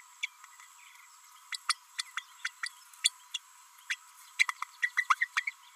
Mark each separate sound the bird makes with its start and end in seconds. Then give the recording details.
0.22-0.26, 1.52-1.57, 1.69-1.75, 1.98-2.02, 2.17-2.22, 2.44-2.50, 2.63-2.69, 3.04-3.10, 3.34-3.38, 3.90-3.96, 4.39-4.46, 4.82-4.90, 4.97-5.05, 5.10-5.15, 5.20-5.28, 5.37-5.41, 5.47-5.50. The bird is a female. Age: 32 days. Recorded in a nest box in Venezuela. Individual 17B32A5